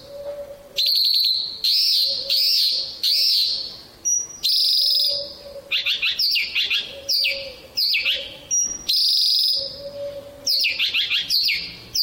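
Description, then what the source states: Bimaculated lark song in bursts of trilled and whistled phrases separated by short gaps, some harsh rattles, with a faint low hum between phrases. Russia.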